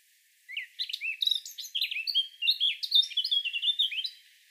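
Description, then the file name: Eurasian blackcap song, one continuous run of fast, varied warbling notes. "Sylvia atricapilla"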